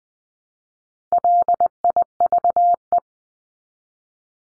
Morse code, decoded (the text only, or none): LIVE